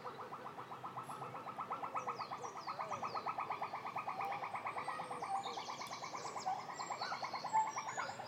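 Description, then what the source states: Pileated gibbon call: a long, rapid bubbling series of even pulsed notes that swells then holds steady, with scattered bird chirps above. A pair calling in the distance, recorded on an iPhone.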